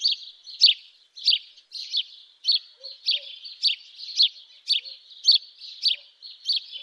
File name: Domovyj vorobej Passer domesticus